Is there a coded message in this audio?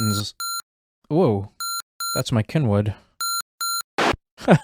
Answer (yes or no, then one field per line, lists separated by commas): no